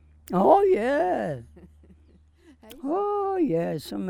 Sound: laughs

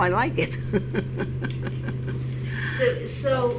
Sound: she laughs

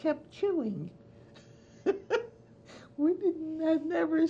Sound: chuckles

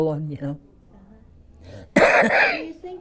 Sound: he coughs

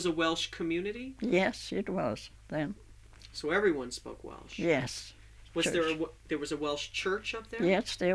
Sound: none

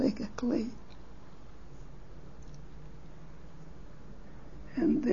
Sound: automobiles can be heard in the background

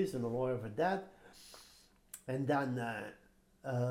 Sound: sniffs

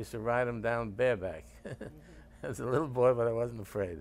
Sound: laughs

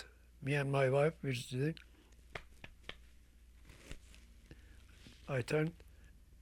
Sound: he makes sounds with his hands

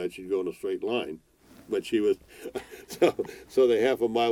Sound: both laugh

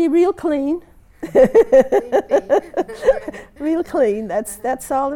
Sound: they laugh

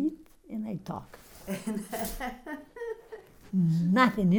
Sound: laughs

